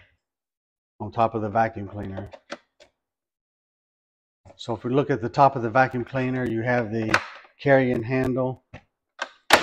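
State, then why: Seated. A fold-up plastic carrying handle on top of a handheld car vacuum is let go and snaps back flush into its recess. Someone talks through most of the clip, then the handle clicks back into place at 9.5 s.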